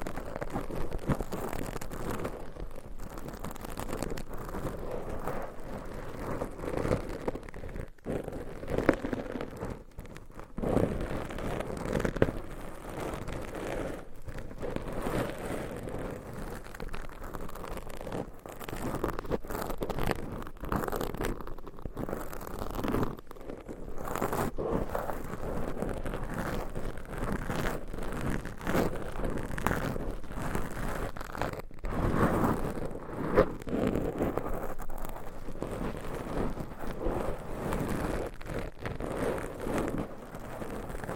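Microphone scratching fills the recording with dense, rough rubbing and frequent brief bumps, a steady low-mid rumble with occasional sharper crackles.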